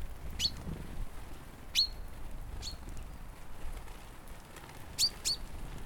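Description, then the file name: Common chaffinch uttering brief high, clipped call notes at irregular intervals, a close pair near the end, over constant low rumble. "Fringilla coelebs"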